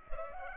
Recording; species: mosquito wingbeat signal from an infrared sensor; Culex pipiens